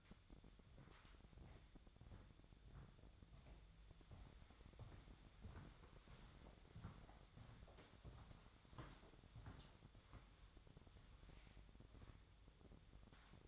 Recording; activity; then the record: daily activity, microphone in the room; walk to room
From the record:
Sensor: 3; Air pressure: 999.9 hPa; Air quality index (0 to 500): 120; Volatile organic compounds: 2 ppm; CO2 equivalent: 1079 ppm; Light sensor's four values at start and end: 35/86/38/41 and 34/83/36/40